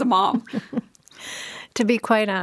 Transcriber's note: chuckles